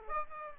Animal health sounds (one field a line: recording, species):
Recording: mosquito wingbeat signal from an infrared sensor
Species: Aedes aegypti